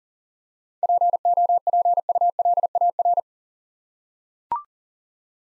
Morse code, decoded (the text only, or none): POPULAR